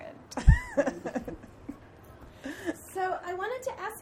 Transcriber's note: laughs